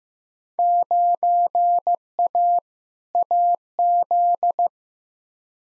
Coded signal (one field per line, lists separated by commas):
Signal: Morse code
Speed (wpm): 15 wpm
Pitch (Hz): 700 Hz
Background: none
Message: 9A AZ